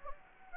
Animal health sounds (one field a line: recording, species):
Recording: mosquito wingbeat signal from an infrared sensor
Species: Anopheles gambiae